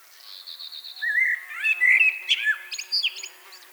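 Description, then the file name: Common blackbird singing: a soft, high trill leads into a mellow, wavering whistled phrase, closing with several sharp, high chirps. "Turdus merula"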